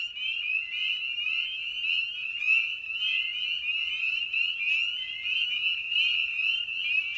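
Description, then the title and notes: Spring peeper chorus: many high, rising whistled peeps overlapping into a continuous shrill ringing band, with individual upslurred notes standing out throughout. Evening at a frog pond. "Night of the Peepers. we return to the frog pond for a meditative evening. Spring Peeper (Pseudacris crucifer). Ian Carlsen"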